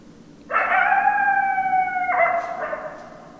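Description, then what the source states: Coyote howl, a steady harmonic tone that holds for about a second and a half, then breaks abruptly into a rougher, wavering tail. Recorded 10 December 2012.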